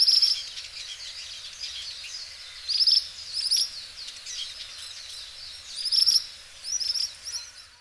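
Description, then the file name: Ashy minivet giving thin, jingling trilled calls in irregular bursts, partly blurred by steady background noise. Recorded in Hyogo, Japan. "sanshoukui 0905 hyogo kaji"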